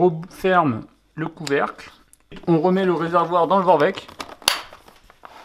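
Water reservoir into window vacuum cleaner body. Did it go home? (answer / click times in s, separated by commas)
yes / 4.5 s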